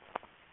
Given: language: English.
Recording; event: throat vibration sensor signal played as sound; swallow